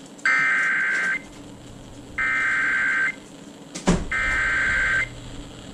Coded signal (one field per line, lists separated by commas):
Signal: Emergency Alert System (SAME) tones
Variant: header bursts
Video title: Dam Break FFW Jumpscare | EAS #434-444 (Severe Weather Alerts from 5/6/2024)